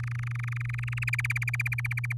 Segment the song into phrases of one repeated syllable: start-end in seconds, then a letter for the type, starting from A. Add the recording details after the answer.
0.00-1.04 A, 1.07-2.13 B. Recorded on 8 May 2018 at 05:40. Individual llb16